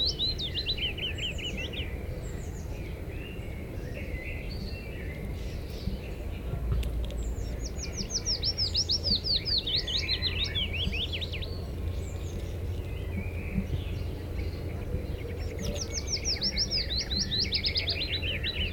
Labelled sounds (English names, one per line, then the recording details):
Willow Warbler
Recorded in the wild
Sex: male
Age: adult
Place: Tübingen, Baden-Württemberg, DE
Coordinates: 48.5164, 9.04222
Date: 1964-06-13 19:45
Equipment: Nagra III PH, dynamisches Mikrophon, LGS26
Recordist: Faber, Albrecht